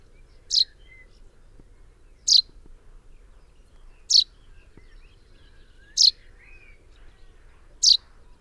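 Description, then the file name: Common chaffinch calling with five crisp, high single notes spaced roughly two seconds apart, a few soft chirps from other birds between them. "Fringilla coelebs 180724"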